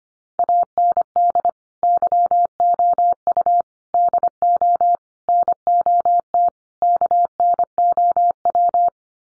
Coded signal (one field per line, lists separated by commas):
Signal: Morse code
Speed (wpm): 25 wpm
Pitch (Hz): 700 Hz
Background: none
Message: AND YOU DO NOT KNOW